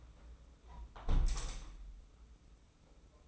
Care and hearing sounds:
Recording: daily activity, microphone in the room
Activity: close window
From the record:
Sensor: 1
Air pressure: 991.3 hPa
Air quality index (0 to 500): 101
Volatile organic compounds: 61 ppm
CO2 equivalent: 3429 ppm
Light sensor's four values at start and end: 37/115/45/47 and 36/115/45/47

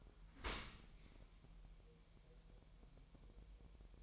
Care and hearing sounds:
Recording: daily activity, microphone in the room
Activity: open dishwasher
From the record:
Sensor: 1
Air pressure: 1000.5 hPa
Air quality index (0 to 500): 247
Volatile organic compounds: 141 ppm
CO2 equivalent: 3983 ppm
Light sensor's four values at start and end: 11/27/11/12 and 11/27/11/12

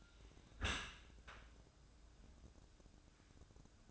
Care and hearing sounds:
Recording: daily activity, microphone in the room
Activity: close dishwasher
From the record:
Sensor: 2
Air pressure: 1012.1 hPa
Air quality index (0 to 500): 147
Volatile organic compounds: 2 ppm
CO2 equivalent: 1077 ppm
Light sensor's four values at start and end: 301/742/300/300 and 296/729/294/294

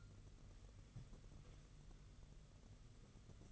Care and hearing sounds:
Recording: daily activity, microphone in the room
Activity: take from stove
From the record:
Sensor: 4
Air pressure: 995.3 hPa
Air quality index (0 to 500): 215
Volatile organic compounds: 257 ppm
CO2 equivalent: 4378 ppm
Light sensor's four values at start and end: 24/76/28/31 and 24/76/28/31

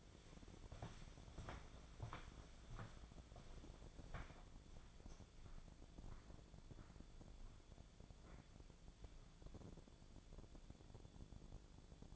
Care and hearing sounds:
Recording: daily activity, microphone in the room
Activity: walk to room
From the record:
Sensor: 5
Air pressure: 1000.0 hPa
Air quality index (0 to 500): 90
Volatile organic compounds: 1 ppm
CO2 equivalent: 736 ppm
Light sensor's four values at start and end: 355/838/364/412 and 347/856/360/400

